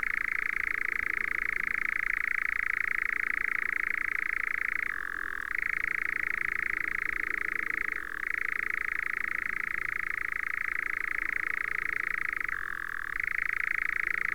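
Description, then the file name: European nightjar churring song, a steady mechanical trill that dips briefly lower in pitch three times before resuming, with no other clear sounds. "engoulevent d europe"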